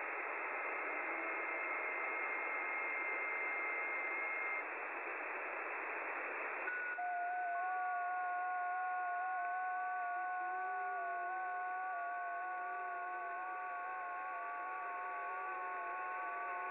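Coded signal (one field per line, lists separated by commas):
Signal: FT8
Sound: radio hiss with three or four faint steady tones warbling slightly, overlapping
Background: radio static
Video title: FT8 on 12 meter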